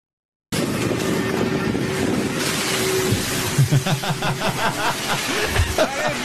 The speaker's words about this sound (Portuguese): Então são dois caminhões, um jogando água e outro jogando cocô um no outro, é isso? É um caminhão jogando de protesto, jogando cocô no caminhão da polícia. Ah! E a polícia jogando água.